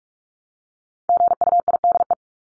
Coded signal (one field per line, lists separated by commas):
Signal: Morse code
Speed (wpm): 44 wpm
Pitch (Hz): 700 Hz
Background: none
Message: GUIDE